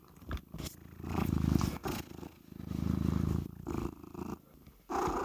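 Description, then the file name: Cat purring, a low rumbling pulse rising and falling in long waves with breaths, broken by brief soft knocks and rustles. "Catsoundswav"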